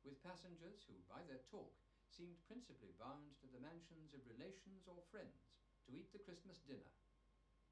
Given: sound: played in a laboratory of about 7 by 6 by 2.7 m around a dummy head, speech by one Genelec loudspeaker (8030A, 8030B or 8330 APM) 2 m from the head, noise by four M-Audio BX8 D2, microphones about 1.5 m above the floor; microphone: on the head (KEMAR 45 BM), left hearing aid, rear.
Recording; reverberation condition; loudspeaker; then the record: male speech in English; low; 150 degrees to the right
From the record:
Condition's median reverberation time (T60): about 310 ms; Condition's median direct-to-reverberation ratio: about 3.5 dB